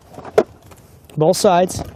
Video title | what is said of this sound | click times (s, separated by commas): Car Seat PSA (Produced BY LTV) | You'll snap into the bars. Make sure you hear the snap and the click. | 0.4 s